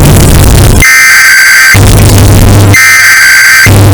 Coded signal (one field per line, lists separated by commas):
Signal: Emergency Alert System (SAME) tones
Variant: header bursts